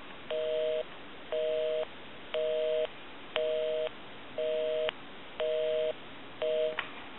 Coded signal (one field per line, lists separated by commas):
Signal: telephone call progress tone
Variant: North America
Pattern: busy tone